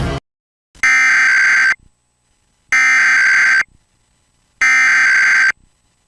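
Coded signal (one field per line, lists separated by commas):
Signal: Emergency Alert System (SAME) tones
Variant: header bursts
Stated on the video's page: Mock Rhode Island required monthly test, not an actual EAS alert.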